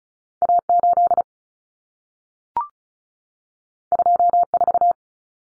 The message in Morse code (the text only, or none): A8 24